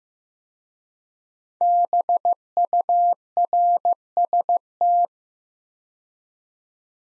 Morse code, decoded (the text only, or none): BURST